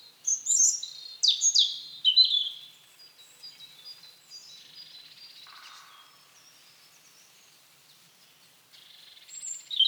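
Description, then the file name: European robin song, high tinkling notes at the start, a long quiet gap, then another thin phrase at the end. "Erithacus rubecula"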